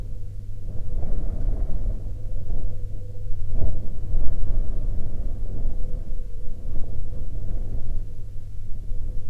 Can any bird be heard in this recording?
no